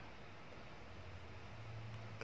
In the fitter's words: ketika ketika sudah terdengar suara klik maka eh kipas pendingin prosesornya sudah terpasang